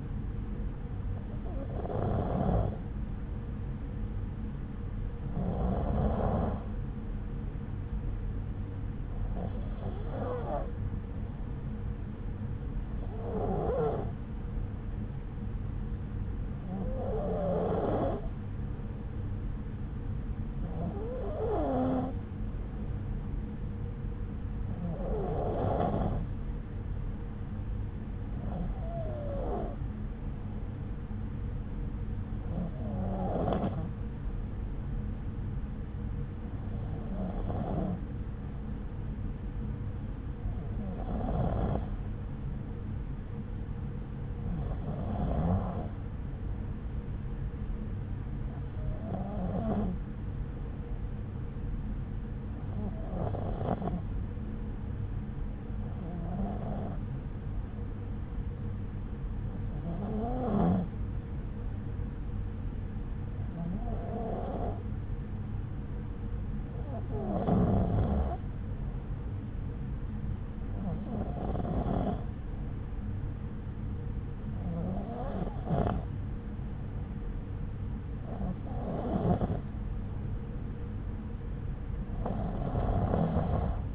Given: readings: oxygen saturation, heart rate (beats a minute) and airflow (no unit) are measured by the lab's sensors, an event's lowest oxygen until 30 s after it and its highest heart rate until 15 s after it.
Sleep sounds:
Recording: breathing in sleep by a smartphone at the bedside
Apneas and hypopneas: none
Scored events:
none scored
From the record:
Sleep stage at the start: N2 (light sleep)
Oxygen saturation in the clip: 92 to 94%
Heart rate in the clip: 63 to 68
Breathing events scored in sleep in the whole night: 303 in 8.1 hours asleep

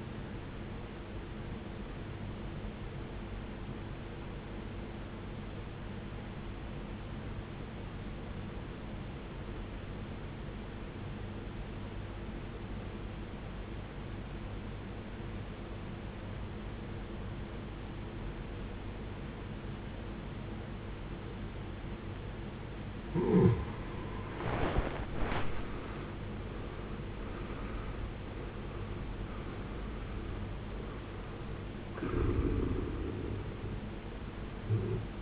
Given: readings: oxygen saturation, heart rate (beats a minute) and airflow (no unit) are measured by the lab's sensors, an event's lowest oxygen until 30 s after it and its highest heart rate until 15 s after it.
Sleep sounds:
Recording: breathing in sleep by a voice recorder at the bedside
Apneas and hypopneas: 1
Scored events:
4.00-23.50 s: obstructive apnea (N1, oxygen 93% highest, then 77% lowest, heart rate 65 at the start, 75 highest)
6.00-35.22 s: new sleep stage, N2 (light sleep)
From the record:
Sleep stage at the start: N1 (lightest sleep)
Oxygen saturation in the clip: 80 to 93%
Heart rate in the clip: 53 to 75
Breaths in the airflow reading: 4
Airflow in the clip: -16.1 to 16.0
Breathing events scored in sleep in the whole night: 389 in 6.3 hours asleep

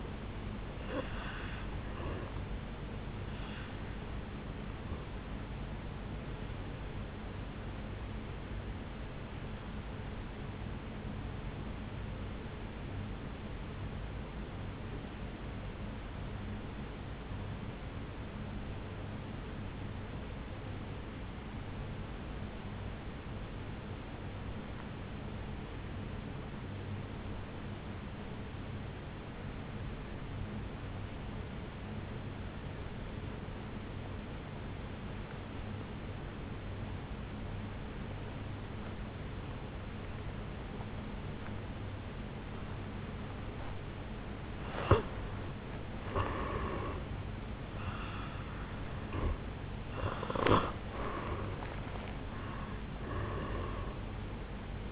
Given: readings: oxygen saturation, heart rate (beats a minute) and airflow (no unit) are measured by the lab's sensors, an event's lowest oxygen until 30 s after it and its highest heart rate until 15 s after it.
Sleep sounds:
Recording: breathing in sleep by a voice recorder at the bedside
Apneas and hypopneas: 1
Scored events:
13.00-44.60 s: obstructive apnea (N1, oxygen 97% highest, then 83% lowest, heart rate 54 at the start, 75 highest)
20.00-50.00 s: new sleep stage, N3 (deep sleep)
50.00-54.92 s: new sleep stage, N1 (lightest sleep)
From the record:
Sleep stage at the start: N1 (lightest sleep)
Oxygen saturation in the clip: 81 to 97%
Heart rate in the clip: 53 to 78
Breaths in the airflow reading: 4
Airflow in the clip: -11.8 to 6.4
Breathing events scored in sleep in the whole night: 449 in 7.0 hours asleep

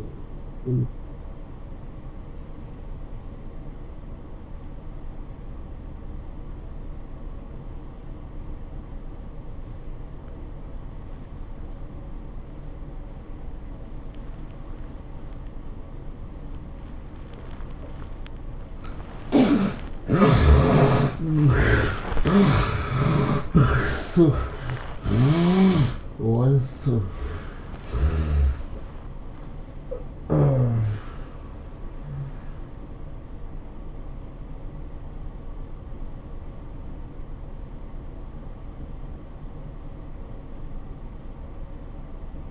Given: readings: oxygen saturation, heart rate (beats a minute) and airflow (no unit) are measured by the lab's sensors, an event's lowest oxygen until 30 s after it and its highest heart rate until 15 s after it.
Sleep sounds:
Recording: breathing in sleep by a smartphone at the bedside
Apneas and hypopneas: 1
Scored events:
6.00-20.40 s: obstructive apnea (N1, oxygen 95% highest, then 70% lowest, heart rate 95 at the start, 108 highest)
From the record:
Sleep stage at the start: N1 (lightest sleep)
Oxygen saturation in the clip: 71 to 95%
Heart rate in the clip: 75 to 108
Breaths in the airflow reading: 7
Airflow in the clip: -14.4 to 13.7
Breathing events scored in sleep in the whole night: 403 in 5.5 hours asleep

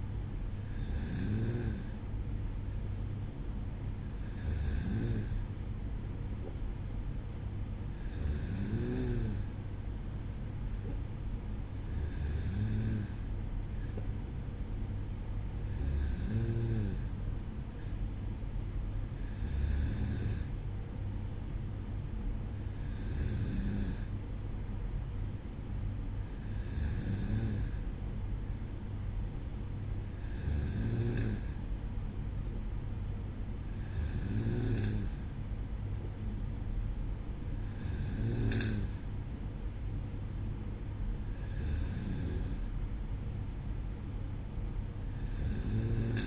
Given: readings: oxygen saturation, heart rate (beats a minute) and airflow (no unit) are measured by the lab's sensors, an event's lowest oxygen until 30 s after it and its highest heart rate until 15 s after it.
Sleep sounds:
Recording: breathing in sleep by a smartphone at the bedside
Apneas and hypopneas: none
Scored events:
none scored
From the record:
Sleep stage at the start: N2 (light sleep)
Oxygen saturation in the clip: 94%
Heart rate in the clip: 55 to 57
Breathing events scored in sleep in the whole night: 305 in 9.6 hours asleep

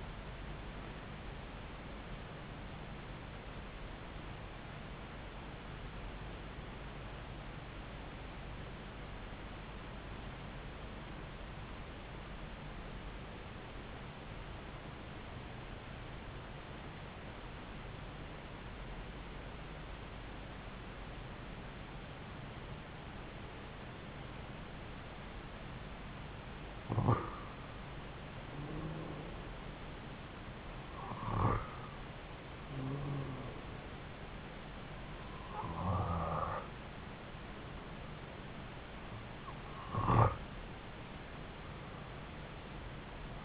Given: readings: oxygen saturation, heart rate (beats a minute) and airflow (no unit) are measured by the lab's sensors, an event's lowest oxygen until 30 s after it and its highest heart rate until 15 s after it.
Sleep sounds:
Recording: breathing in sleep by a voice recorder at the bedside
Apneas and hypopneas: 1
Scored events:
9.00-28.90 s: obstructive apnea (N1, oxygen 96% highest, then 88% lowest)
24.00-43.45 s: new sleep stage, N2 (light sleep)
From the record:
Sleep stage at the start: N1 (lightest sleep)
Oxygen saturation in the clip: 89 to 96%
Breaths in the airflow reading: 4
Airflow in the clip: -4.8 to 4.0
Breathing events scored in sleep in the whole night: 270 in 6.1 hours asleep

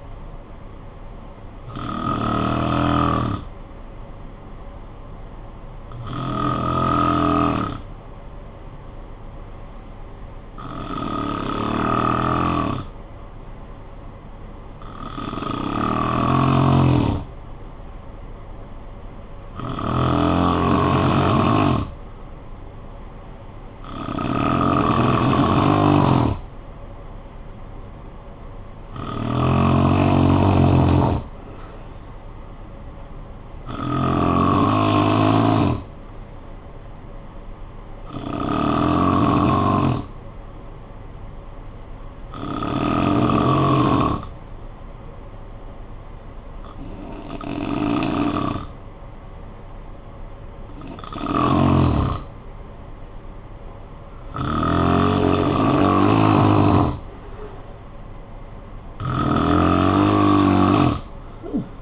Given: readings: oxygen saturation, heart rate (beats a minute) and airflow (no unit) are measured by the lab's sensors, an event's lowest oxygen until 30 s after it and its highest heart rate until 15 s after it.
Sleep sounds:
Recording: breathing in sleep by a smartphone at the bedside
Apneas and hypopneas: 1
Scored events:
7.00-27.00 s: hypopnea (N1, oxygen 96% highest, then 90% lowest, heart rate 51 at the start, 60 highest)
22.00-61.82 s: new sleep stage, N2 (light sleep)
From the record:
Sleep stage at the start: N1 (lightest sleep)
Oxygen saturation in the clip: 90 to 96%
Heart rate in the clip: 51 to 65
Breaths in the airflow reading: 14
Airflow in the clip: -12.5 to 5.7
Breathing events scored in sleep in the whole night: 445 in 7.6 hours asleep

